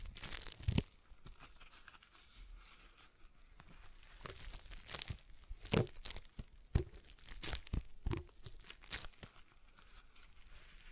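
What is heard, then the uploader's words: A stress ball being squeezed and handled gives off irregular crinkly, crunchy rustles, with sharp bright bursts scattered every second or so. The loudest crunches come near the start and again around six to nine seconds, with a soft hiss between them. ASMR Relaxing Stress Ball Sounds (No Talking).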